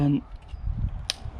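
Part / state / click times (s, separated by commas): dash camera into its windscreen mount / seated / 1.1 s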